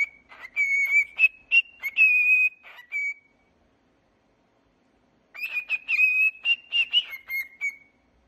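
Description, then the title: Cockatiel whistled song: a steady high whistle with quick clicky notes scattered through it, in two phrases separated by a short silence. "Calopsitas Cantando Assobio"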